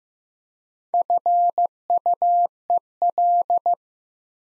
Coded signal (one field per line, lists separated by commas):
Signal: Morse code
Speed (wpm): 15 wpm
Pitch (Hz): 700 Hz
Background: none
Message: FUEL